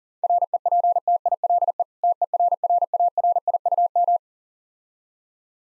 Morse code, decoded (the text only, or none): REPTILE TERRARIUM